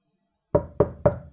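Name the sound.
knocking on a door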